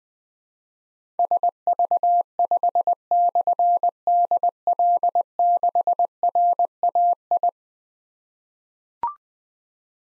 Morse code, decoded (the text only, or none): SV5/DL6RAI